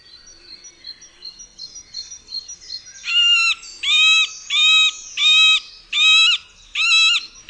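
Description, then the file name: Middle spotted woodpecker: faint high twittering at first, then a run of several loud, nasal, whining quacking notes spaced under a second apart. "dzieciolsredni"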